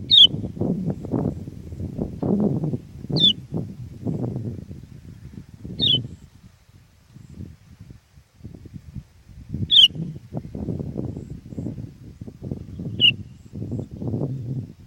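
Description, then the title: Sooty-headed bulbul uttering five brief, high, downslurred notes spaced a few seconds apart, with continuous low rumbling and knocking sounds underneath. "kutilang"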